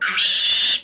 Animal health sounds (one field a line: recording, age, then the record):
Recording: pig call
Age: piglet (1 to 25 days)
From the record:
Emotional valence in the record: negative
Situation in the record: restrain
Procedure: sham castration, cut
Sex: male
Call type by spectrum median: high-frequency call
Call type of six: high-frequency modulated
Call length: 0.84 s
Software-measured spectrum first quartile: 3019 Hz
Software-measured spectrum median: 3711 Hz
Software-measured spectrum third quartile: 5746 Hz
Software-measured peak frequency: 3498 Hz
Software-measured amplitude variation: 81 dB a second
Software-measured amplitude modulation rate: 23.2 a second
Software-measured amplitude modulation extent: 3.5 dB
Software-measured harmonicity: 2.9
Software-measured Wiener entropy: -2.23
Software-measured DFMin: 778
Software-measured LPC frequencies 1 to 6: 1453, 2901, 3493, 4372, 5088, 7071 Hz